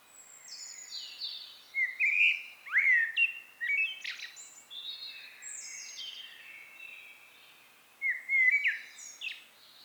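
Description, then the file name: Common blackbird song: low fluted warbling phrases, each ending in a high squeaky twitter, with short pauses between phrases. "Turdus merula"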